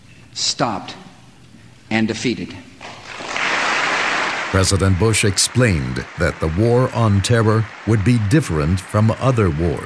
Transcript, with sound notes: stopped and defeated. [Applause] President Bush explained that the war on terror would be different from other wars.